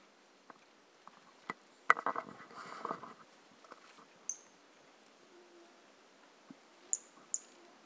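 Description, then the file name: Pumpkin toadlet giving a few sharp high notes late, after a stretch of rustling and tapping noises. Individual 03 recorded on 18 January 2018; the first two notes of the call are missing. "Brachycephalus mirissimus 18 jan 2018 individual 03 two initial notes missing"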